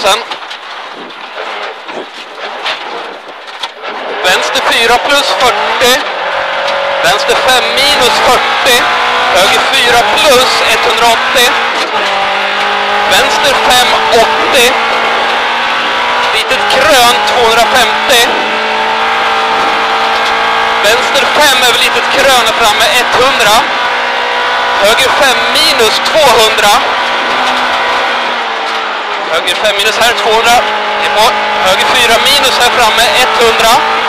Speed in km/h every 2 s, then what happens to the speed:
37, 39, 56, 79, 95, 106, 122, 139, 145, 152, 161, 165, 160, 153, 132, 128, 150.
0-25 speeds up to 160. 25-29 brakes to 128. 29-34 speeds up to 150.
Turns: none.